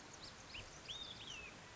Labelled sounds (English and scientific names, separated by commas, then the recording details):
Olive-sided Flycatcher (Contopus cooperi)
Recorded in Sonoma County, California